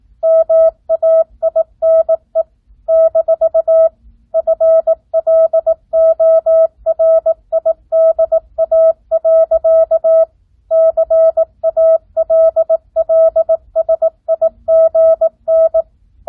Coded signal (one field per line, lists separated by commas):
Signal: Morse code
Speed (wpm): 18 wpm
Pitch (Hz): 650 Hz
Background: none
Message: MAINE - FLORIDA. CALLSIGN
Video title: Recieve Morse Code 9th Grade